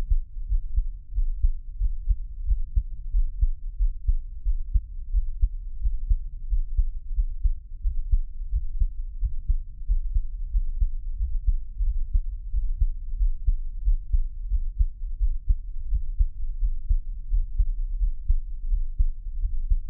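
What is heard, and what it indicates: Soft, muffled low thumps repeat at roughly 90 per minute, set in a constant deep rumble with no talking. It is an adult's own heartbeat heard close to the chest, offered as Taiwanese ASMR.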